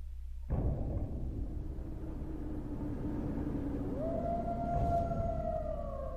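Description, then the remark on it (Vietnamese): Ghosts caught in a net let out a long, drawn-out eerie howl that starts abruptly and wails on for several seconds, its pitch sliding upward partway through, over a low, steady rumble with no talking. “Bảy quỷ biết bản thân không xong, dùng sức rú lên một tràng dài như báo hiệu cho chủ nhân của chúng nó ở xa xa biết.”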